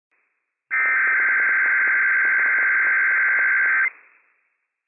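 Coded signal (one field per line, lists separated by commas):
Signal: Emergency Alert System (SAME) tones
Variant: header bursts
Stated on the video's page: Required weekly test on a NOAA Weather Radio station, issued by a sheriff's office; operational, valid EAS tones.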